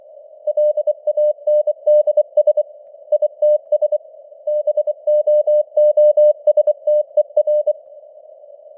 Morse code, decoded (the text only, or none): LANDS ITS BOOSTER